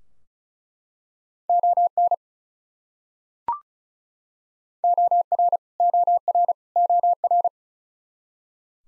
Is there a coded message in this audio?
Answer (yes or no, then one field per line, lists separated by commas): yes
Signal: Morse code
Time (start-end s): 1.5-7.5 s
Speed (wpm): 36 wpm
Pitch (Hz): 700 Hz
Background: none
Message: ON OR OR OR